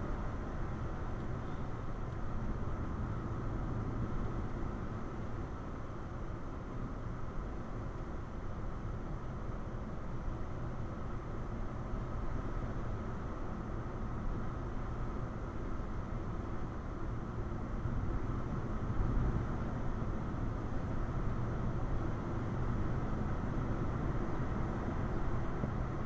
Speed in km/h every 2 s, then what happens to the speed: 60, 58, 55, 55, 55, 56, 58, 58, 56, 56, 58, 61, 64.
0-18 steady at about 56. 18-26 speeds up to 64.